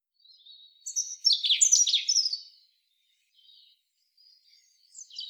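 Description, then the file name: European robin gives a quick, loud cascade of high tinkling notes and trills after faint thin whistles, then quieter scattered notes and a final bright phrase. "Erithacus rubecula"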